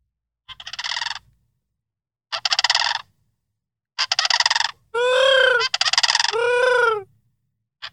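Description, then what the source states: Sandhill Crane trumpeting calls: harsh, rattling, rolled bursts in separate phrases, then longer harmonic calls, with short gaps between. Loud trumpeting call suggesting a rolled R in the throat, audible from a long distance.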